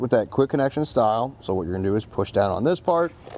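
A man talks while handling a quick-connect air hose coupler that attaches to a Viair TLC BOOST XL heavy-duty air compressor fitting. Speech fills the clip, with no distinct clink. Nothing has seated or clicked yet.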